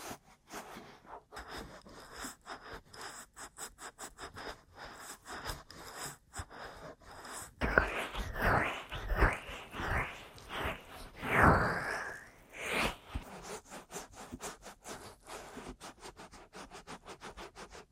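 Rapid ear tapping and scratchy rubbing fill the first half, then louder, harsher massage strokes swell from about eight to thirteen seconds.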